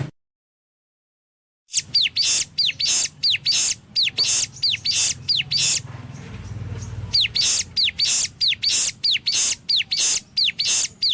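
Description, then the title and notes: Streaked spiderhunter song: starts after brief silence with quick runs of high, bright curved notes, a short quieter gap, then more evenly spaced sharp notes. Used for training cage birds; singing actively, clear and long. "Pijantung Gunung Gacor Jernih Panjang. Masteran burung"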